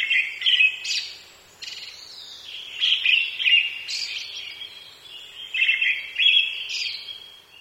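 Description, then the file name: Brown-headed thrush giving repeated mellow whistled phrases, each ended by a high sibilant note, over faint background hiss. "akahara"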